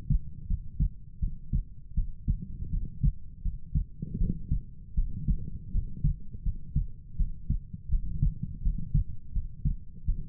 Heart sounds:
heart sounds by stethoscope; 81 bpm
0.47 s: heartbeat
1.19 s: heartbeat
1.94 s: heartbeat
2.70 s: heartbeat
3.42 s: heartbeat
4.17 s: heartbeat
4.94 s: heartbeat
5.71 s: heartbeat
6.43 s: heartbeat
7.16 s: heartbeat
7.89 s: heartbeat
8.62 s: heartbeat
9.32 s: heartbeat
10.05 s: heartbeat
From the record:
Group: healthy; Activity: cold pressor test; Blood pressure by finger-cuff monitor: 72/52 mmHg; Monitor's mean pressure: 60 mmHg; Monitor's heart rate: 82 bpm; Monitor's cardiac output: 6.5 L/min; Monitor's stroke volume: 79 mL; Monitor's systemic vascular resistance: 690 dyn s/cm5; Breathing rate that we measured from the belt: 21 breaths a minute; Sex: female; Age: 19 years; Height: 163 cm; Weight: 48.9 kg

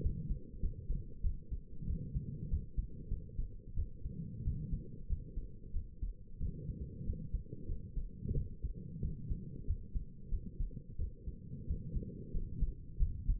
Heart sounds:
heart sounds by stethoscope; 93 bpm
0.03 s: heartbeat
0.62 s: heartbeat
1.23 s: heartbeat
1.87 s: heartbeat
2.50 s: heartbeat
3.10 s: heartbeat
3.76 s: heartbeat
4.45 s: heartbeat
5.09 s: heartbeat
5.73 s: heartbeat
6.40 s: heartbeat
7.06 s: heartbeat
7.68 s: heartbeat
8.35 s: heartbeat
9.02 s: heartbeat
9.67 s: heartbeat
10.31 s: heartbeat
10.98 s: heartbeat
11.67 s: heartbeat
12.33 s: heartbeat
12.99 s: heartbeat
From the record:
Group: healthy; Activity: rest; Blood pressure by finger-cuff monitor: 127/83 mmHg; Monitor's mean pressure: 94 mmHg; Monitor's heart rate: 93 bpm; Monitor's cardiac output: 7.1 L/min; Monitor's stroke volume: 76 mL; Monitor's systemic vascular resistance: 990 dyn s/cm5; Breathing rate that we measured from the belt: 26 breaths a minute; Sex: female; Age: 22 years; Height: 163 cm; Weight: 67.1 kg

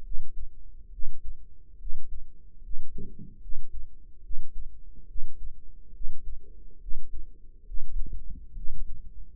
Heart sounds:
heart sounds by microphone in the right ear; 70 bpm
0.02 s: heartbeat
0.90 s: heartbeat
1.77 s: heartbeat
2.61 s: heartbeat
3.39 s: heartbeat
4.21 s: heartbeat
5.06 s: heartbeat
5.92 s: heartbeat
6.79 s: heartbeat
7.64 s: heartbeat
8.54 s: heartbeat
From the record:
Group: healthy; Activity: rest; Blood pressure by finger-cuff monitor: 111/71 mmHg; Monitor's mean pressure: 82 mmHg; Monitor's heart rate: 70 bpm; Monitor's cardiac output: 5.6 L/min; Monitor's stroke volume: 79 mL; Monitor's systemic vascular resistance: 1080 dyn s/cm5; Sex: female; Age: 22 years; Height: 160 cm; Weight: 45 kg

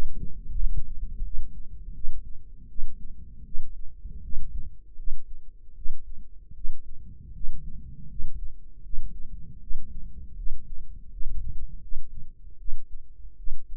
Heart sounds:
heart sounds by microphone in the right ear; 80 bpm
0.55 s: heartbeat
1.22 s: heartbeat
1.92 s: heartbeat
2.67 s: heartbeat
3.43 s: heartbeat
4.21 s: heartbeat
4.95 s: heartbeat
5.74 s: heartbeat
6.53 s: heartbeat
7.32 s: heartbeat
8.07 s: heartbeat
8.81 s: heartbeat
9.58 s: heartbeat
10.34 s: heartbeat
11.08 s: heartbeat
11.79 s: heartbeat
12.56 s: heartbeat
13.35 s: heartbeat
From the record:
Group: healthy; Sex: female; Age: 19 years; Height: 163 cm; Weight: 51 kg

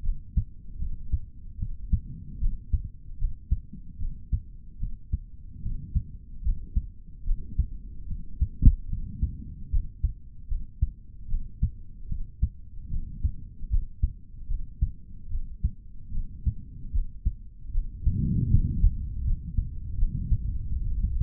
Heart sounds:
heart sounds by stethoscope; 76 bpm
0.02 s: heartbeat
0.78 s: heartbeat
1.58 s: heartbeat
2.39 s: heartbeat
3.18 s: heartbeat
3.98 s: heartbeat
4.78 s: heartbeat
5.61 s: heartbeat
6.43 s: heartbeat
7.24 s: heartbeat
8.06 s: heartbeat
8.88 s: heartbeat
9.70 s: heartbeat
10.48 s: heartbeat
11.27 s: heartbeat
12.07 s: heartbeat
12.89 s: heartbeat
13.69 s: heartbeat
14.47 s: heartbeat
15.28 s: heartbeat
16.11 s: heartbeat
16.91 s: heartbeat
17.71 s: heartbeat
18.49 s: heartbeat
19.23 s: heartbeat
19.96 s: heartbeat
20.68 s: heartbeat
From the record:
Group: healthy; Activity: rest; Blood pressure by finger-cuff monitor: 92/55 mmHg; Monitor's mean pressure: 69 mmHg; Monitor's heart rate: 75 bpm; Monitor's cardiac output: 4.4 L/min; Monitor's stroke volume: 58 mL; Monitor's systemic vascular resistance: 1120 dyn s/cm5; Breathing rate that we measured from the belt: 17 breaths a minute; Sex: male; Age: 55 years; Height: 167 cm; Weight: 57.2 kg

